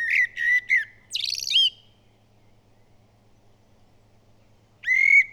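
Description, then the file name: Common blackbird singing a brief fluty phrase with a buzzy scratchy end, then quiet before one more clear whistled note. "Turdus merula"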